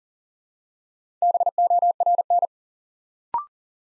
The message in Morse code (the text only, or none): BORN